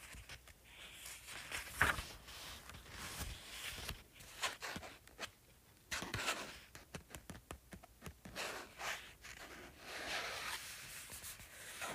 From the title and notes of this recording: ASMR Tapping and Scratching Paperback Book.